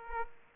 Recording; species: mosquito wingbeat signal from an infrared sensor; Aedes aegypti